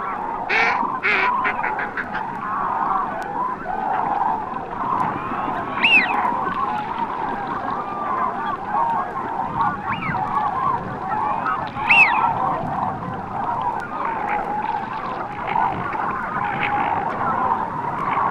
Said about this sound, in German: Die Erpel äußern klangvolle Pfiffe, die Enten schnarrende Laute, die auch zweisilbig sein können. Unsere Aufnahme entstand unweit eines der größten europäischen Kranichschlafplätze, der Udarser Wieg. Am Beginn das Quaken einer Schnatterente.